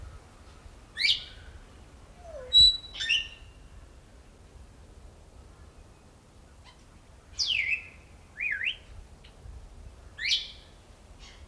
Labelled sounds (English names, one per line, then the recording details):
Grey Parrot call
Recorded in captivity
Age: adult
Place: Tierpark Berlin, Berlin, DE
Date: 1993-12-18 10:22
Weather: bedeckt, 2 °C
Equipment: Marantz CP 430, Sennheiser MKH 416 T, Kopie Uher Variocord 263
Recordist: Tembrock, Günter
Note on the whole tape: Ssp. erithacus et timneh, diverse Lautformen